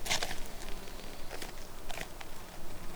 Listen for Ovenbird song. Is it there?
no